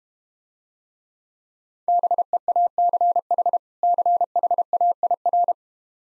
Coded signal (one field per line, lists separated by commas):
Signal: Morse code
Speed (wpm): 32 wpm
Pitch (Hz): 700 Hz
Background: none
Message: BEACH CHAIR